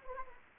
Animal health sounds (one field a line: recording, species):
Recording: mosquito wingbeat signal from an infrared sensor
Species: Anopheles arabiensis